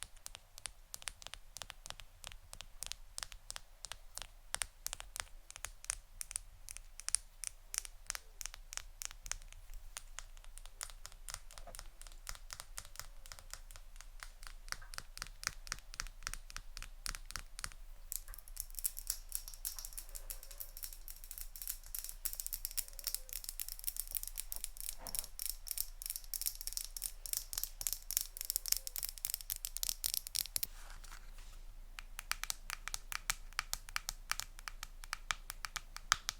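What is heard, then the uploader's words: ASMR tapping: fast, steady streams of sharp, bright clicks run through the whole clip, dense and even in rhythm. From about 18 to 31 seconds the taps turn crisper and hissier, with a faint crinkling texture, before settling back into lighter tapping. ASMR Tapping (No Talking).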